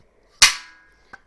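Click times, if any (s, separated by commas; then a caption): 0.4 s. The tension lever on a replacement Agawa Canyon Boreal21 folding bowsaw is closed and snaps shut into its locked position on the saw frame with a sharp, loud crack at 0.4 s that rings briefly before fading, followed by a faint short tick at 1.1 s. The lever seats firmly, and the firm snap indicates good blade tension.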